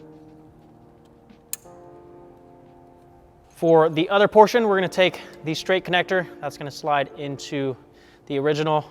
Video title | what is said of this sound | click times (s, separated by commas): FRS Flex Fuel Kit Finally Installed! | It's gonna pop into place. And then this blue end is gonna go to the sensor. | 1.5 s